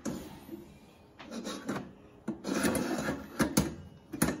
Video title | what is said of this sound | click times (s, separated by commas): UNBOXING: Power AirFryer Pro | That's it. It clicks into place, | 4.2 s